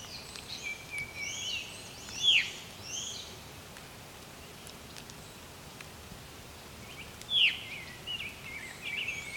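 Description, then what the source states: Veery calls, two sharp downward-slurred notes about five seconds apart, other birds singing softly behind. Calling energetically while opening its wings, recorded very close; the veery is named for this 'veer-u' call.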